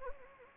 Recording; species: mosquito wingbeat signal from an infrared sensor; Anopheles gambiae